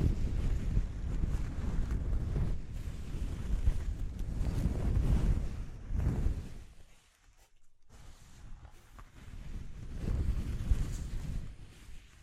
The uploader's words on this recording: ASMR Exploring Textures (No Talking).